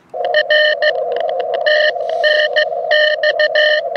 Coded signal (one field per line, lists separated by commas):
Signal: Morse code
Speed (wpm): 18 wpm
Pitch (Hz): 610 Hz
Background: radio noise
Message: R TNX